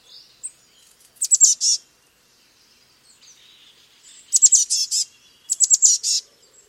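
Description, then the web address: Eurasian blue tit singing three bright, high phrases, each a quick run of thin notes ending in a short buzzy trill; a pause of over two seconds follows the first, and the last two come close together. "cianscape. Deverinetal"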